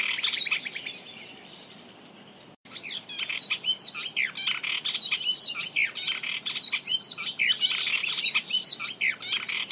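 Bird chorus of fast overlapping chirps with a steady high hiss. It breaks briefly, then resumes with busy, sharp twittering.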